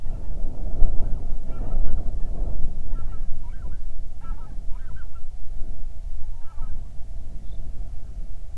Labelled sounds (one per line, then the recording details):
waterfowl
wind
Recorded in the Prudhoe Bay oil fields, Alaska, on 31 July 2019 at 07:40
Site 24